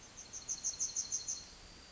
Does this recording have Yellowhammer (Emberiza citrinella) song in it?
yes